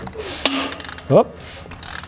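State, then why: Seated. On a rebuilt Hemi V8 being turned over by hand at the crank, a pushrod that sat slightly out of place drops into its rocker arm cup with a sharp pop at 0.5 s. Someone talks right after. The pushrod is now seated in the cup.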